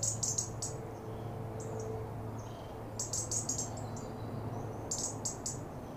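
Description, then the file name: European robin uttering clusters of hard, high-pitched ticks, with a few soft thin notes between bursts, over a constant low mechanical hum. "Erithacus rubecula"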